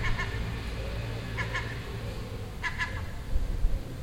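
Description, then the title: Gull calls in short paired harmonic notes, given three times about every 1.3 seconds over a steady low background rumble. Nesting gull on the roof next door in Den Haag, Netherlands, June 18th 2017, making these sounds all day for a week. "Seagull Chatter (Den Haag"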